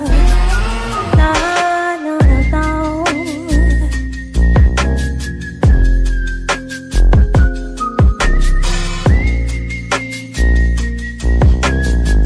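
A whistled melody of long, sustained notes rides over a steady, beat-driven music track, with the rhythm punching through underneath and no voices present.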